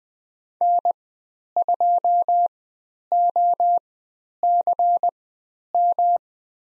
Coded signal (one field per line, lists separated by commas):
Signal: Morse code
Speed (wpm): 20 wpm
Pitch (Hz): 700 Hz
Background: none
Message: N2OCM